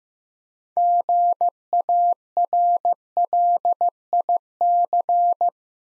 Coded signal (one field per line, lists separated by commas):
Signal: Morse code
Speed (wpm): 15 wpm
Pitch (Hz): 700 Hz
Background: none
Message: GARLIC